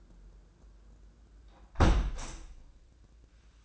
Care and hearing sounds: daily activity, microphone in the room; close window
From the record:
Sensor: 2

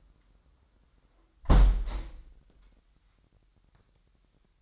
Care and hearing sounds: daily activity, microphone in the room; close window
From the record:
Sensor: 3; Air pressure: 998.1 hPa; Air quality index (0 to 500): 151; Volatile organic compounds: 5 ppm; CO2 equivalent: 1806 ppm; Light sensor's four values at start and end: 13/37/15/14 and 13/37/15/14

